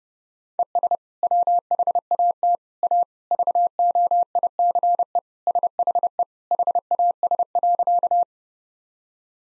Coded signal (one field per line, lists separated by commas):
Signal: Morse code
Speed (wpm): 30 wpm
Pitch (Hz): 700 Hz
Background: none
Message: ES WHAT A VOICE SHE HAS.